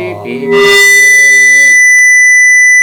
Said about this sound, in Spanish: No nos libramos del pitidito. Me encanta, ya es que... Como en los grandes directos. Sin el pitido no somos nada. ¡Viva el pitido!